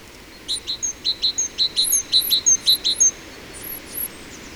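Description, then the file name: Eurasian blue tit: a rapid series of high, thin notes, fading to a few scattered notes. "Cyanistes caeruleus"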